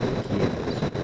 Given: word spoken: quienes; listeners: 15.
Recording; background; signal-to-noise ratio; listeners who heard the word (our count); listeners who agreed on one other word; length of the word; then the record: one Spanish word in noise, from a listening test; noise modulated by three-talker babble; -6.9 dB; 1 of 15; 7 of 15; 0.64 s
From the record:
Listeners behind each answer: 7, 2, 1, 1, 1, 1, 1, 1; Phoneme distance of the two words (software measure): 10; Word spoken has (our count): 2 syllables, 6 phonemes, stress on syllable 1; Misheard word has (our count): 2 syllables, 6 phonemes, stress on syllable 1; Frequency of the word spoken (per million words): 227.73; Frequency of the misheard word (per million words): 55.97